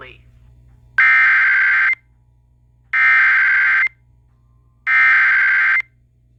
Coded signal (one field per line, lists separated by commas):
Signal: Emergency Alert System (SAME) tones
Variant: header bursts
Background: speech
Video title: Eas FFW in Honolulu Hawaii Eas#403